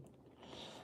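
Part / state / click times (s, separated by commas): plastic building brick piece onto a vehicle model / not seated / none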